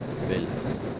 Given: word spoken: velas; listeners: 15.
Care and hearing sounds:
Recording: one Spanish word in noise, from a listening test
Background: noise modulated by three-talker babble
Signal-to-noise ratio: -3.4 dB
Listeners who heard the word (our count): 0 of 15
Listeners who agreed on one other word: 7 of 15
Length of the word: 0.60 s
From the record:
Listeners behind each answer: 7, 2, 1, 1, 1, 1, 1, 1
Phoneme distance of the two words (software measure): 27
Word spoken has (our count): 2 syllables, 5 phonemes, stress on syllable 1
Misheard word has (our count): 2 syllables, 4 phonemes, stress on syllable 1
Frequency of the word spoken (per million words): 10.95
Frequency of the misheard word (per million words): 63.43

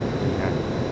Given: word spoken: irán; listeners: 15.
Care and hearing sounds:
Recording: one Spanish word in noise, from a listening test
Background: speech-shaped noise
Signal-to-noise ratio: -6.0 dB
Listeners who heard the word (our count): 0 of 15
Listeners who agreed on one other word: 6 of 15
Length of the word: 0.52 s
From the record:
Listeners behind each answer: 6, 2, 1, 1, 1, 1, 1, 1, 1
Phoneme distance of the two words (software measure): 17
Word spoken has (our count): 2 syllables, 4 phonemes, stress on syllable 2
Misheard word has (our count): 2 syllables, 5 phonemes, stress on syllable 2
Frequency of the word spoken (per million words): 24.35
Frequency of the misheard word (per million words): 49.50

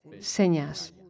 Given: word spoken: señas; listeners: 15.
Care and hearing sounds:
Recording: one Spanish word in noise, from a listening test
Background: four-talker babble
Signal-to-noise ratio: 24.2 dB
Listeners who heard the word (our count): 6 of 15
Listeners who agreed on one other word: 9 of 15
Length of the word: 0.70 s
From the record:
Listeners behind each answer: 9, 6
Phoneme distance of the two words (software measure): 10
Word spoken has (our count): 2 syllables, 5 phonemes, stress on syllable 1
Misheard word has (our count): 2 syllables, 5 phonemes, stress on syllable 1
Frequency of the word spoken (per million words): 11.33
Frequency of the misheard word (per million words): 0.07

